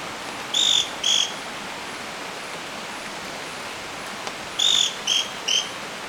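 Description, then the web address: Scale-crested pygmy-tyrant calls: a pair of short, high clipped notes, a pause of about three seconds, then a rapid burst of three similar notes, over constant hiss. Recorded in Ecuador. "Birds of Ecuador 3 Scale-Crested Pygmy-Tyrant"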